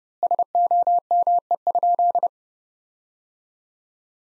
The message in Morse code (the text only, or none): SOME?